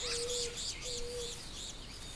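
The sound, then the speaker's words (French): Dry forest ambience just behind a home, filled with high, looping birdsong phrases repeating in quick succession, plus two long steady low whistle-like tones, over a soft constant background hiss. “Le voyage commence ici, dans la forêt sèche, juste derrière chez moi.”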